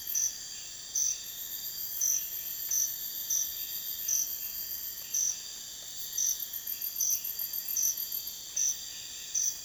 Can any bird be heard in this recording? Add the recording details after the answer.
no. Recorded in dense forest near Puerto Asís, Putumayo, Colombia, on 22 June 2025 at 03:00. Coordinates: 0.484, -76.325. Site H65